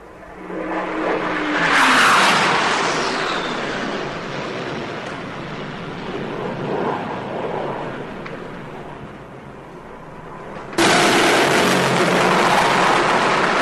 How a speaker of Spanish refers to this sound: El centro de Santiago se está convirtiendo en un campo de batalla. El humo de las explosiones y los disparos está dificultando la visibilidad hacia las calles de la capital. Allá vienen de nuevo los aviones.